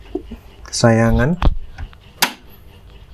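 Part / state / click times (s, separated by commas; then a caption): graphics card into motherboard PCIe slot / seated / 2.2 s. An ASUS STRIX GeForce GTX 750 Ti OC 2GB GDDR5 graphics card, already fixed with one screw, is pressed into the motherboard's PCIe slot. Someone talks, and then the slot's plastic retention latch clicks shut with a loud, sharp hit at 2.2 s. The card is seated and locked in the slot.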